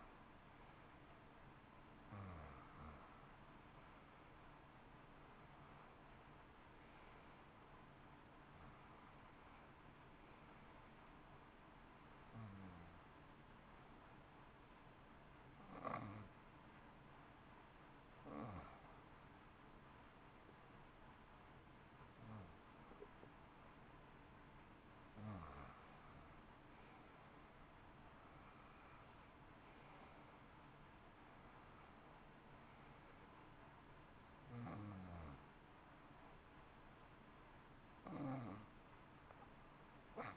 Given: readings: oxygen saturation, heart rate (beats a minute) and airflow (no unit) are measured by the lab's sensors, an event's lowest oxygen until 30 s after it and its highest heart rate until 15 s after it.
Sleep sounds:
breathing in sleep by a voice recorder at the bedside; 1
10.00-25.80 s: hypopnea (N1, oxygen 91% highest, then 87% lowest, heart rate 63 at the start, 64 highest)
22.00-40.37 s: new sleep stage, N2 (light sleep)
From the record:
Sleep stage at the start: N1 (lightest sleep); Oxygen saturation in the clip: 87 to 91%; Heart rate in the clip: 58 to 64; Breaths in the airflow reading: 12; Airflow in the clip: -8.3 to 8.1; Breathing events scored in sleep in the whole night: 328 in 6.3 hours asleep

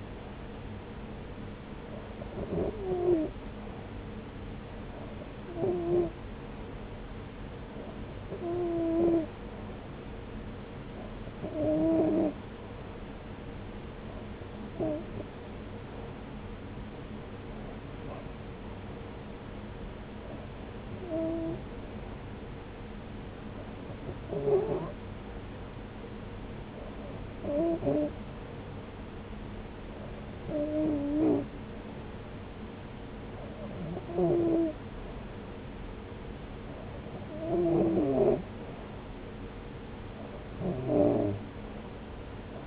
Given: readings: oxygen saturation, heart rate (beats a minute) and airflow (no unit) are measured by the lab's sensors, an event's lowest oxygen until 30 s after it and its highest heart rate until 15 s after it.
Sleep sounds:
breathing in sleep by a voice recorder at the bedside; none
none scored
From the record:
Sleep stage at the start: REM sleep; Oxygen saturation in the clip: 92 to 93%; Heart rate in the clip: 69 to 71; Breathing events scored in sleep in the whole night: 303 in 8.1 hours asleep

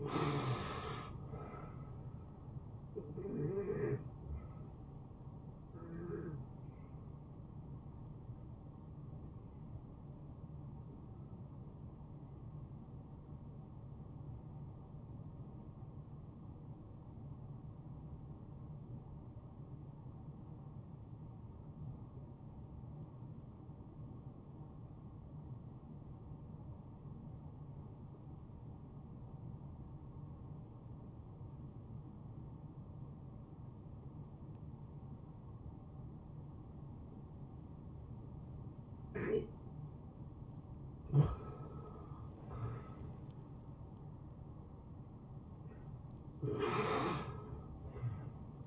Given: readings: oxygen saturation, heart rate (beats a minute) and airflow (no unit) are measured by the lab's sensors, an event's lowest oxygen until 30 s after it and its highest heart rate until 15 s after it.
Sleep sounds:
breathing in sleep by a smartphone at the bedside; 1
9.00-39.60 s: hypopnea (N1, oxygen 94% highest, then 86% lowest, heart rate 74 at the start, 75 highest)
24.00-48.66 s: new sleep stage, N2 (light sleep)
From the record:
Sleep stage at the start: N1 (lightest sleep); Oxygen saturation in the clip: 83 to 94%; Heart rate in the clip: 65 to 75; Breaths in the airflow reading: 6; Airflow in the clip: -17.2 to 9.3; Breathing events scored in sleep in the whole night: 263 in 5.5 hours asleep

